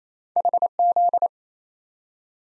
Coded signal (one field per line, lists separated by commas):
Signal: Morse code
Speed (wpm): 28 wpm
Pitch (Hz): 700 Hz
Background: none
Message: HZ